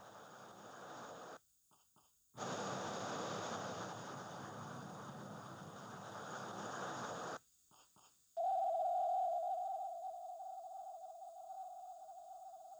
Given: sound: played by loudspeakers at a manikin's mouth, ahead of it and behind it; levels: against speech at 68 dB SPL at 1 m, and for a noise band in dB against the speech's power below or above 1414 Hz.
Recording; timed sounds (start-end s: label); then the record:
test signals for a remote microphone
0.00-1.37 s: speech-spectrum noise, 0 dB
1.74 s: click
1.99 s: click
2.37-7.37 s: speech-spectrum noise, +10 dB
7.74 s: click
7.99 s: click
8.37-12.80 s: noise band at 707 Hz, as loud as that band is in speech
From the record:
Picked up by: remote receiver E, fed by microphone B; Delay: 43 ms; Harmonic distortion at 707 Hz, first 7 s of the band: under -35 dB